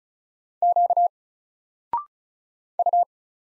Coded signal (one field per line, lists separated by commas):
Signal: Morse code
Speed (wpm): 36 wpm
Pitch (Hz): 700 Hz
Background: none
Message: Q U